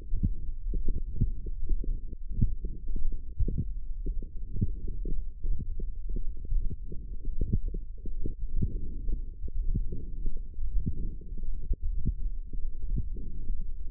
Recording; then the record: forearm muscle sounds (acoustic myography)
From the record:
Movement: wrist extension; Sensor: system 1, eight BSWA MPA416 microphones around the upper forearm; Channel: 3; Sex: male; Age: 23 years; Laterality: right